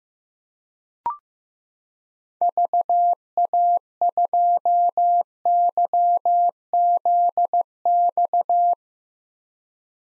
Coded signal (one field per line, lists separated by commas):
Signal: Morse code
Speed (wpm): 15 wpm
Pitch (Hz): 700 Hz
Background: none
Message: VA2YZX